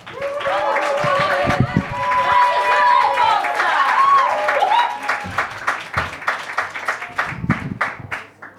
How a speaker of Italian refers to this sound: Però c'è questa ragazza che stasera invece ha deciso di sfidare la sorte e si sta per esibire su questo palco, quindi signore e signori, un grande applauso